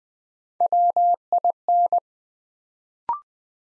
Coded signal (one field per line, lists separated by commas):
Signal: Morse code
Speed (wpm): 20 wpm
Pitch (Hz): 700 Hz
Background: none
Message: WIN